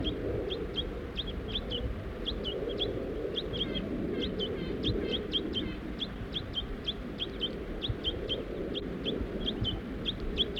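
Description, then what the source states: Crossbill calls, a steady stream of short sharp chips in loose irregular series, some overlapping from several birds, above a low rumbling background. Crossbill family including juveniles, perched in Virginia pines at the edge of a grove.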